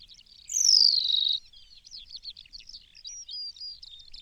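New Zealand pipit call: a single strong, high, descending slurred note, followed by quieter, scratchy, chattering twitters.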